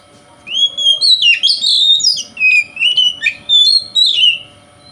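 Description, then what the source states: Oriental magpie-robin delivering a continuous string of bright whistled phrases, some swooping, some with abrupt scratchy breaks, ending in a short pause. Kacer singing in the konslet style, said to provoke other kacer.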